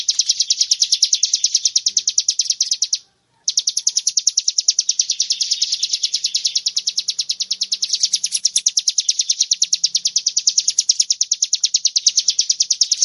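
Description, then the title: Bar-winged prinia song: steady, rapid high chipping repeated without letup, with one brief break early on and faint low sounds underneath. Used to train cage birds. "Masteran Ciblek"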